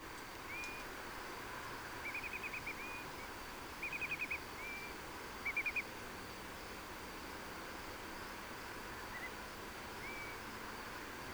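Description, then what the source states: Bird flight calls: brief, thin whistles and short trilled bursts, a few in quick clusters, over a constant background hiss. Nocturnal flight call whistles at night, 6 August 2017.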